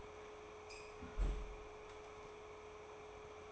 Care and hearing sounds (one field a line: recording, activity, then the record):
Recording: daily activity, microphone in the room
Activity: close fridge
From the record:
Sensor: 1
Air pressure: 1004.6 hPa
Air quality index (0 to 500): 195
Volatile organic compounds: 17 ppm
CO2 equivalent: 2580 ppm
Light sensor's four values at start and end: 4/10/4/4 and 4/10/4/4